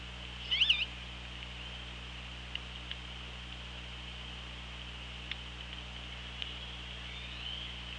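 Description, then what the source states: Orca call: a short, wavering, pulsed tonal cry early on, over steady underwater hiss and low hum, with scattered faint clicks afterwards. Recorded on an OrcaLab hydrophone, 24 August 2017, at 15:55.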